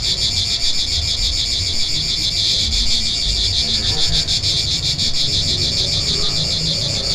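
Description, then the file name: A cicada chorus keeps up a high pulsing buzz while faint low sounds come and go beneath it. Recorded 3 September 2009. "Enregistrement Cigales"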